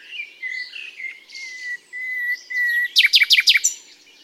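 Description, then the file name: Common nightingale song: drawn-out pure whistles repeated, ending in a quick burst of loud descending notes. "Luscinia megarhynchos"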